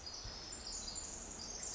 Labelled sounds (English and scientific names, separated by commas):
Pacific Wren (Troglodytes pacificus)